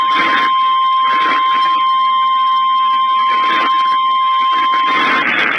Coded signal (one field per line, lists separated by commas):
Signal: Emergency Alert System (SAME) tones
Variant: 1050 Hz attention tone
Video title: TOR Here, TOR There.... EAS Alerts from 11/26/19 (EAS #172-179)